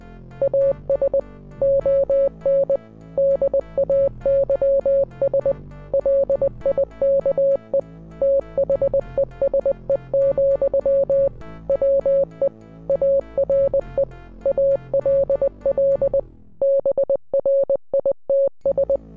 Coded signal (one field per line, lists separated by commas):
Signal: Morse code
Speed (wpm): 20 wpm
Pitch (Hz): 550 Hz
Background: music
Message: AS ON DAYS LIKE THESE, WE ARE ALL BRITS